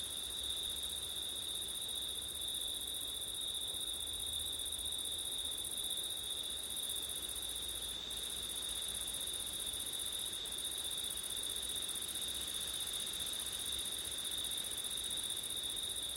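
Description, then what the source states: Continuous cricket song, a bright high ringing trill that never stops, with a little low rumble near the start. Crickets on a September night with wind; recorded with ortif setup.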